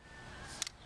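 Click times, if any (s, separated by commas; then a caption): 0.6 s, 0.7 s. The telescoping handlebar on a Bugaboo Cameleon 3 (C3) stroller frame is moved and clicks into a locked height position. Over a faint steady background, two short, sharp clicks sound at 0.6 s and 0.7 s, the first louder. The handlebar is seated and locked at its height.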